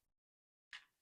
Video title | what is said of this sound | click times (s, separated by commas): Pocket Hearing Aids: Cheap Alternative or Waste of Money? | They just snap into place. | 0.7 s